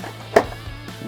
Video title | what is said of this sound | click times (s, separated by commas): How to replace the imaging unit on your Xerox machine: New B410, B415 | until it latches and that's it | 0.4 s